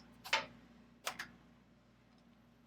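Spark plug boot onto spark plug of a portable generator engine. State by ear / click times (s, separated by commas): seated / 0.3 s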